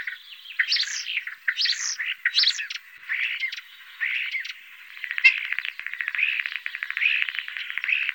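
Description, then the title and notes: Common starling song, a jumbled medley of wheezes, clicks, rattles and squeaky warbles, fast and varied, with buzzy trills in the second half. Recorded in Germany, Austria, Switzerland. "Sounds of birds from Germany, Austria, Switzerland"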